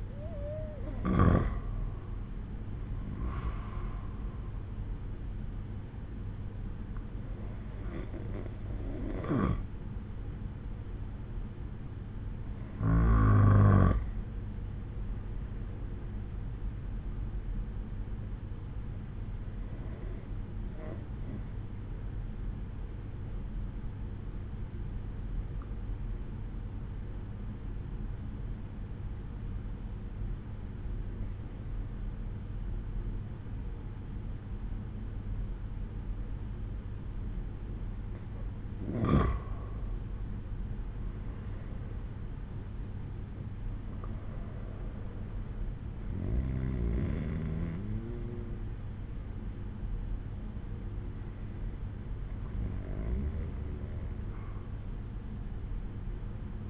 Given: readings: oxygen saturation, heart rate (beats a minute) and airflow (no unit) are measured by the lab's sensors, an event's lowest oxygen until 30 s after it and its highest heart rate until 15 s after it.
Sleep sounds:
breathing in sleep by a smartphone at the bedside; 1
14.00-40.00 s: hypopnea (N2, oxygen 95% highest, then 91% lowest, heart rate 65 at the start, 68 highest)
From the record:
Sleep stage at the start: N2 (light sleep); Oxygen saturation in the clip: 91 to 95%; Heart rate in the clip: 60 to 68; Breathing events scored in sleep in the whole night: 187 in 7.2 hours asleep

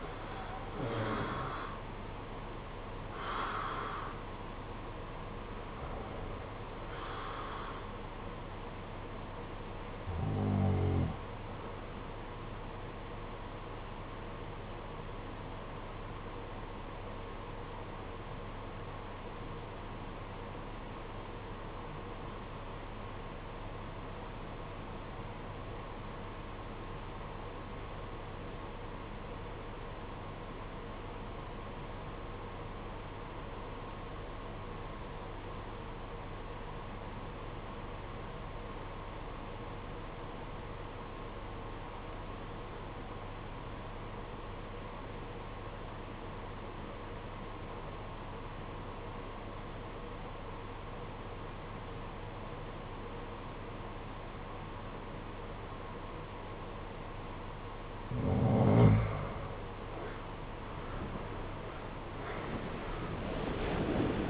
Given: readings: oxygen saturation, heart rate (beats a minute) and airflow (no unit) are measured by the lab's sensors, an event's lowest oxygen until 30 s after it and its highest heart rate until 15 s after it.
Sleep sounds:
breathing in sleep by a voice recorder at the bedside; 1
18.00-60.20 s: obstructive apnea (REM, oxygen 95% highest, then 67% lowest, heart rate 56 at the start, 98 highest)
From the record:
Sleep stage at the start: REM sleep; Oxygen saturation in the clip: 67 to 95%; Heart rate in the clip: 52 to 87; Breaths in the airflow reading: 5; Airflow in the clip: -17.2 to 18.2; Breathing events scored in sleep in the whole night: 476 in 9.7 hours asleep

